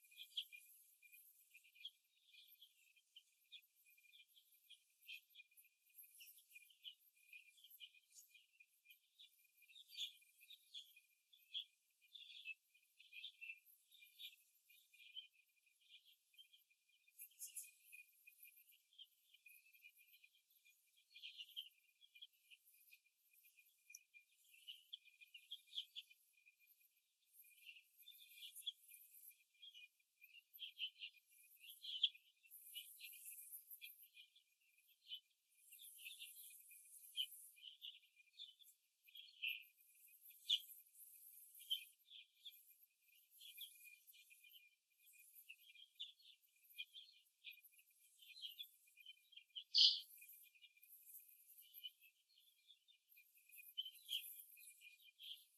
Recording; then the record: young laying hens in a cage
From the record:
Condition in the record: after the stressor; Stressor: simulated dog barking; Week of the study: 2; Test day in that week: 2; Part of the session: 1